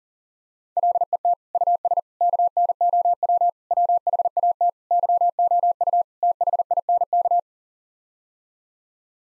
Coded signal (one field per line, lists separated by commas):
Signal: Morse code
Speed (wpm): 40 wpm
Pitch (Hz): 700 Hz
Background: none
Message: LET US KNOW WHAT YOU THINK